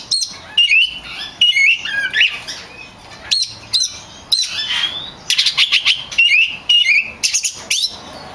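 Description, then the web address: Magpie-robin giving short, sharp phrases of chirps, trills and buzzy notes, repeated in clusters with small gaps between them. Champion (juara) song, used as masteran tutor song. "kacer juara. masteran kacer"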